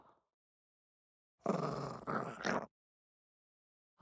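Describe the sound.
Pug snarling: one rough, rasping burst of a little over a second, with brief sounds at the start and end.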